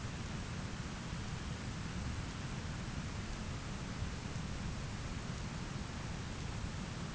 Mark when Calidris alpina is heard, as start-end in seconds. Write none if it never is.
0.88-1.71